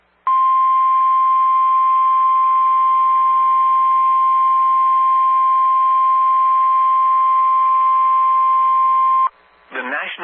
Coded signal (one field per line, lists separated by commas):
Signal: Emergency Alert System (SAME) tones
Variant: 1050 Hz attention tone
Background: speech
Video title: FROM LEFT TO RIGHT... EAS Alerts from 4/21/21 (EAS #188-#213)